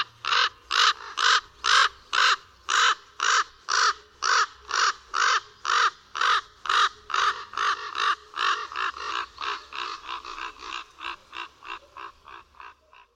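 Common raven harsh calls repeated about twice a second in a long steady series, gradually growing quieter toward the end.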